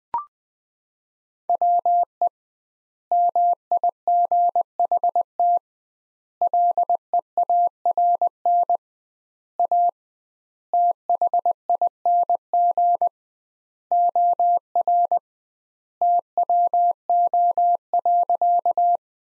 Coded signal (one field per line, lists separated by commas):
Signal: Morse code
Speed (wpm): 20 wpm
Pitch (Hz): 700 Hz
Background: none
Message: WE MIGHT LEARN A THING OR TWO.